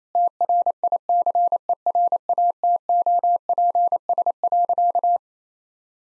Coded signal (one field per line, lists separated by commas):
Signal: Morse code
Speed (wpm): 28 wpm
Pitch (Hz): 700 Hz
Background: none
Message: TRICERATOPS.